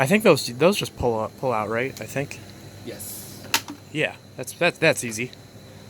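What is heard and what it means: People talk while handling a removable plastic part of a Bissell ProHeat SpotClean (5207R) portable carpet spot cleaner, which has been pulled out and is about to be pushed back into the unit body. A sharp knock at about 3.5 s and a softer one at 3.7 s come from the handling. Nothing has seated or clicked yet.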